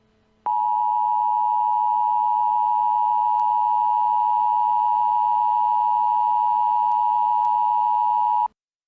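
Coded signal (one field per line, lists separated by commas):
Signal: Emergency Alert System (SAME) tones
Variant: 853 and 960 Hz attention tone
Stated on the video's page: Fictional mock EAS scenario, not a real alert.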